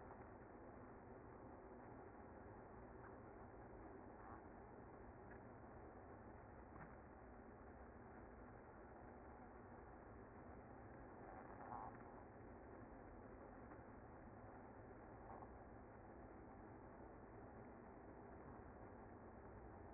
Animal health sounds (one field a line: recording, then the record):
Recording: honeybee colony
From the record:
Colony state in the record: active